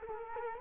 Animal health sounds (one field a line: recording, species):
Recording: mosquito wingbeat signal from an infrared sensor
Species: Culex quinquefasciatus